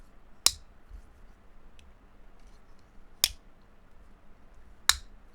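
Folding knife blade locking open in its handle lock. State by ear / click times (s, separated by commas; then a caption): seated / 0.5 s, 3.2 s, 4.9 s. A Spyderco Schempp Kris folding knife is opened three times, and each time its blade snaps into the locked-open position in its handle lock. Three sharp, bright clicks land at 0.5, 3.2 and 4.9 seconds over a quiet background, with a much fainter tick near 1.8 seconds. The blade locks open each time.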